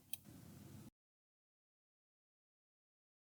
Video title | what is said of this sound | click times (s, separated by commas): Hi-Point 1095TS Owner's Perspective | first insert an unloaded magazine into the magazine well and make sure that it is noticeably locked in place with | 0.1 s